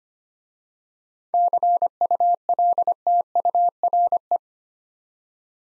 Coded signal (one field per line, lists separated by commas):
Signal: Morse code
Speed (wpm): 25 wpm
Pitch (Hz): 700 Hz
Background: none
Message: CULTURE